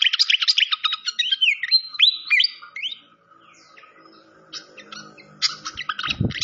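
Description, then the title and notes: Malaysian pied fantail song of fast twitters and looping whistled phrases, fading to quiet scattered notes before a loud burst and a low thud at the end. Masteran (training recording) of clear-voiced song mixed with the sound of flowing water. "Masteran Sikatan Kipas Suara Jernih Dan Suara Gemericik Air. Suara Burung Sikatan Londo"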